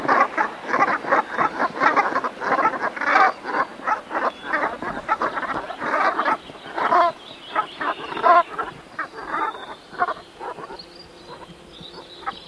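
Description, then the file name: Brant goose flock calls: many low, guttural, rolling notes overlapping in a continuous chatter, with some clearer repeated honks around the middle. "Ringelgans"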